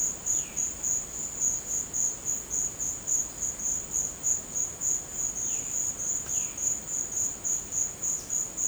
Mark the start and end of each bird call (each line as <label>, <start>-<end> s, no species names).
bird call, 0.00-0.60 s
bird call, 5.36-6.64 s